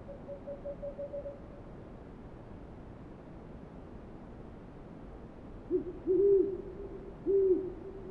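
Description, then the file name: Owl hoots: a faint series of soft notes at the start, then after a quiet gap a few louder, lower hoots near the end, with steady background hiss. Recorded on 28 February 2009 at 04:05. "090228-0405 owls"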